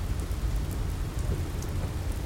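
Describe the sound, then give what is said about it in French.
Heavy cold rain of big drops pounds the ground and bare trees on Hrushevsky Street in central Kyiv, pouring down in a dense, unbroken hiss, with a deep continuous rumble of thunder underneath and scattered sharper drops spattering on top. No voices are heard. “De ces grosses gouttes, une pluie froide pilonnait la terre et les arbres nus, dispersant les passants.”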